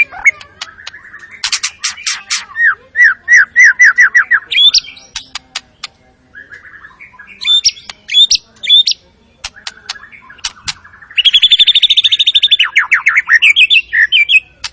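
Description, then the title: White-rumped shama song: mixed phrases with a run of rhythmic mid-pitched whistled notes, sharp chips, and a later burst of fast high buzzy trilling. Lure sound of a very active shama delivering its full repertoire, meant to stir up other shamas. "MURAI BATU. MURAI GACOR SUPER EDAN SEMUA MATERI DI KELUARIN. SHAMA BIRD"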